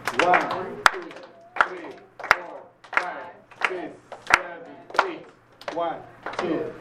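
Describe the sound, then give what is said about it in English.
A steady series of sharp hand claps, about eight in a row at an even beat, with voices counting aloud between each clap during a group counting and clapping activity. “Okay, we do clap our hands.”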